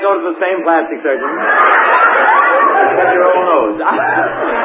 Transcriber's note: laughing